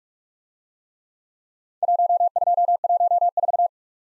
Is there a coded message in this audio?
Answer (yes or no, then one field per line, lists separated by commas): yes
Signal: Morse code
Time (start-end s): 1.8-3.7 s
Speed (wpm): 44 wpm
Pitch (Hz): 700 Hz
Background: none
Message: 1214